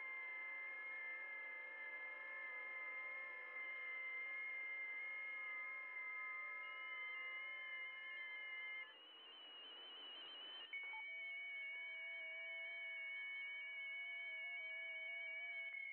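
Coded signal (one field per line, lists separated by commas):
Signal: FT8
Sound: many overlapping steady, slowly warbling tones; a short hissy break, then new tones begin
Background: radio static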